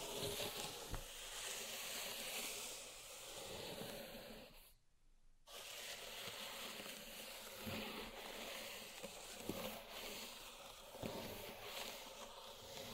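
Pink salt being raked and shifted in a zen garden makes a dense, steady hiss with a soft grainy rustle throughout. About five seconds in, the sound briefly drops to near silence before resuming. Faint clicks and taps land every few seconds.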